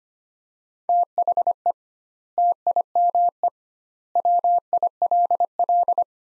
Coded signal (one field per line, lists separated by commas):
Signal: Morse code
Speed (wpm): 25 wpm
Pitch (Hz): 700 Hz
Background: none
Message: THE TIME WILL